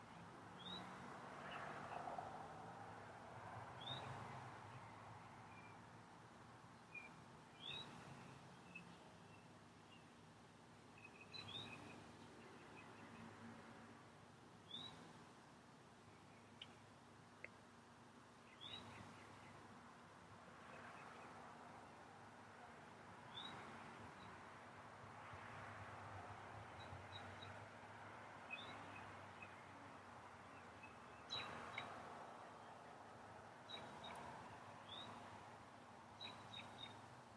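Spring birdsong, short bright chirps and whistles repeating every few seconds over a steady low rumble like passing traffic and a constant hum.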